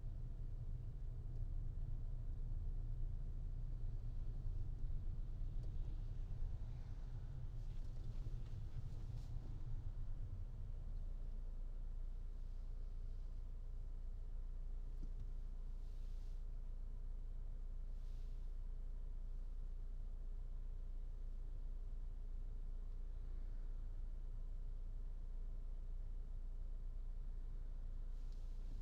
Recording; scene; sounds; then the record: everyday scene through a hearing-aid microphone; in a vehicle; engine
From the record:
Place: Berlingo II, diesel engine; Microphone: in the ear canal, right